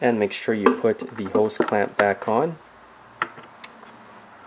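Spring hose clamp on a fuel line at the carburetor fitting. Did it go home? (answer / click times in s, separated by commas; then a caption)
yes / 3.2 s. Someone talks while a spring hose clamp is put back onto the rubber fuel line after the line is pushed onto its carburetor fitting on a Lawn-Boy lawnmower. After the talking stops, one sharp snap is heard at 3.2 s, followed by a faint tick at about 3.6 s, as the clamp seats on the fuel line.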